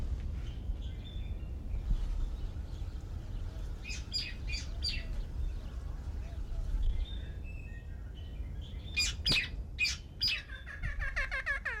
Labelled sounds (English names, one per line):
Kea call